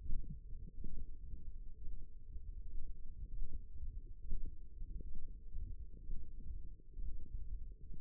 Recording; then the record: forearm muscle sounds (acoustic myography)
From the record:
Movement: radial deviation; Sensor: system 1, eight BSWA MPA416 microphones around the upper forearm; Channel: 2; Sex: male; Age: 23 years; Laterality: right